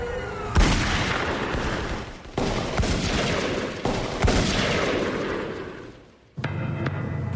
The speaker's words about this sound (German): Das war's. Es fielen keine weiteren Schüsse mehr.